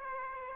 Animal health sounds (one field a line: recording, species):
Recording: mosquito wingbeat signal from an infrared sensor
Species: Aedes aegypti